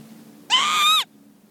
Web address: lapwing female ground anxiety call with distant aeroplane